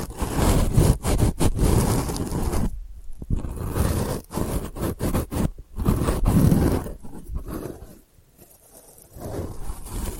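Delicate scratching comes in dense, rasping bursts with a gritty, textured quality, broken by brief sharp strokes and short gaps near three, five and a half, and eight seconds. The strokes vary in speed and pressure, swelling and thinning rather than holding a steady rhythm.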